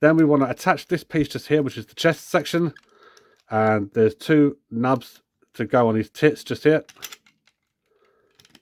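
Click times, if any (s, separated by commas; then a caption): 8.4 s, 8.6 s. Someone talks while the plastic chest section of a Transformers G1 Menasor combining robot toy is pressed onto two nubs on its central body. After a pause, short sharp plastic clicks come at 8.4 s and 8.6 s as the chest piece snaps and locks into place.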